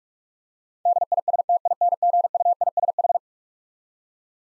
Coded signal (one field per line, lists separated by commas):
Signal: Morse code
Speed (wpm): 44 wpm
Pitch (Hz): 700 Hz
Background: none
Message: DISTINGUISH